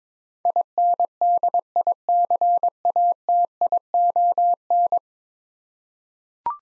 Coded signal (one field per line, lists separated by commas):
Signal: Morse code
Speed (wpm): 21 wpm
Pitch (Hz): 700 Hz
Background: none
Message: INDICATION